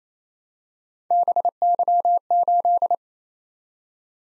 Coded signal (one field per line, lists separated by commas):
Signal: Morse code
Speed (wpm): 28 wpm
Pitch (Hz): 700 Hz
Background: none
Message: BY8